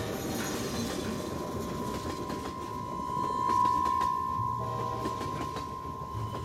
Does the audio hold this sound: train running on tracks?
yes